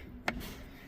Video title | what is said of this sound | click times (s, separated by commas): 2015 Kia Sorento Cabin Air Filter Replacement – Step-by-Step DIY | going to turn it till it clicks, and | 0.3 s